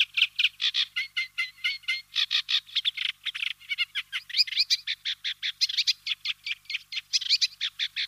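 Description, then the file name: Eurasian reed warbler delivering continuous harsh, chattering phrases with repeated notes and a few higher squeaky elements, steady tempo throughout. "Reed Warbler Acrocephalus scirpaceus"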